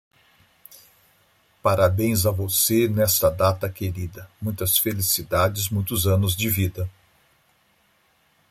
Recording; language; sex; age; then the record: short text; Brazilian Portuguese; male; 60 to 69 years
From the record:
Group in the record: control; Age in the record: 62 years